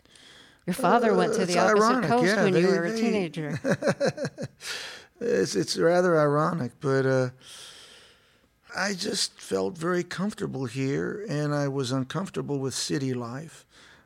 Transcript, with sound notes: Your father went to the opposite coast...
It's ironic, yeah.
...When you were a teenager.
(Laughter) It's rather ironic, but I just felt very comfortable here. And I was uncomfortable with city life.